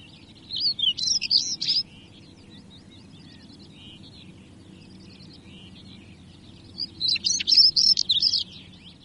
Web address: european stonechat